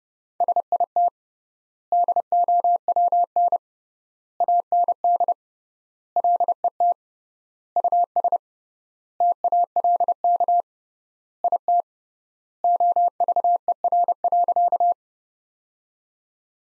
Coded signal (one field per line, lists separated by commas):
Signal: Morse code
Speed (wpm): 29 wpm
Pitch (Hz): 700 Hz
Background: none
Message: SIT DOWN AND LET US TALK IT OVER.